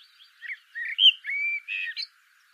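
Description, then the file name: Common blackbird song: warbled whistles leading into a long steady fluted note, then a final quick burbling flourish. "Turdus merula"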